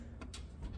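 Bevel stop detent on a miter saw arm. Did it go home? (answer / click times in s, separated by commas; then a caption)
yes / 0.2 s, 0.3 s. On a Craftsman miter saw with the bevel lock removed, the saw arm is flexed to the right and pulled back up so the metal automatic bevel stop drops into its zero-degree detent. Two sharp clicks are heard at 0.2 s and 0.3 s over a low steady background. The bevel stop locks into place at zero degrees.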